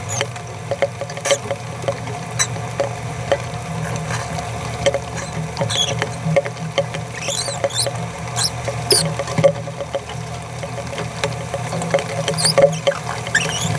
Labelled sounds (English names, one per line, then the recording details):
Green-rumped Parrotlet babbling
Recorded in a nest box in Venezuela
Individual 18B17A4